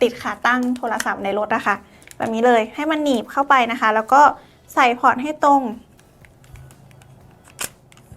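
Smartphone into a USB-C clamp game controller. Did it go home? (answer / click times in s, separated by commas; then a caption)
yes / 7.6 s. A smartphone is fitted into a clamp-style USB-C game controller: the controller is stretched open, the phone set in with its USB-C port lined up to the controller's plug, and the controller clamps shut. Someone talks for the first six seconds, then quieter handling ticks follow, and one loud sharp snap at 7.6 s marks the phone seating and locking in place.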